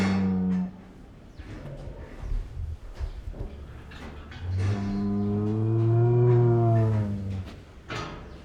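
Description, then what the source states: Cow lowing: a short deep moo at the start, then a long drawn-out moo swelling and fading over about three seconds, with barn clatter and shuffling between. Barn ambience with cows.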